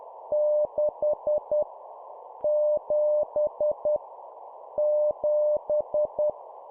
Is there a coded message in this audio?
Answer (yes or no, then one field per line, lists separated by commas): yes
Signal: Morse code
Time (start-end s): 0.3-6.3 s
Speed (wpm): 10 wpm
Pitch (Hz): 600 Hz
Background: none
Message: 6 7 7